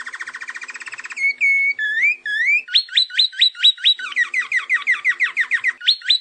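Canary song: a buzzy rolling trill gives way to slurred whistles, then rising upswept notes and a quick series of downslurred chirps.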